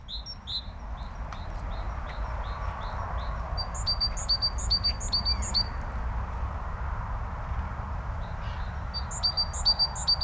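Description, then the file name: Great tit sounding fast, high two-note phrases in two runs, with softer notes early on and a persistent low rumble. "Parus major"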